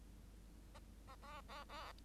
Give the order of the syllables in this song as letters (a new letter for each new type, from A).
A A A A A